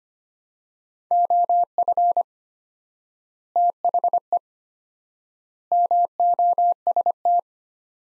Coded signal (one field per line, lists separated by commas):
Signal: Morse code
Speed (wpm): 25 wpm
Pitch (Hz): 700 Hz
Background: none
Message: OF THE MOST